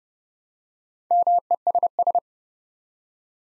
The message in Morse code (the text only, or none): MESS